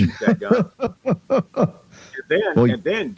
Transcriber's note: laughs